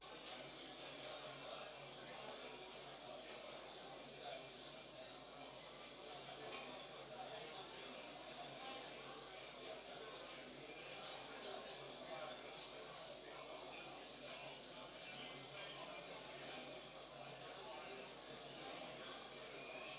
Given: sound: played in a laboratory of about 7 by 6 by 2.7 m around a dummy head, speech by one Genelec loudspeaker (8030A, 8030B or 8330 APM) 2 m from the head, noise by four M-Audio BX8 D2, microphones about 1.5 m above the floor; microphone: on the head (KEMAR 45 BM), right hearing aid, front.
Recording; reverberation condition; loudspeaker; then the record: cafeteria noise; medium; four, about 170 cm from the corners of the room and facing them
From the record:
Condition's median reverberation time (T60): about 510 ms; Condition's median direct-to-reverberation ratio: about -0.5 dB